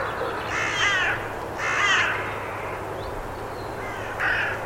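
Bird calls: three harsh, hoarse caws, the first two close together and the last after a pause, over a faint low hum.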